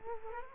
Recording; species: mosquito wingbeat signal from an infrared sensor; Culex quinquefasciatus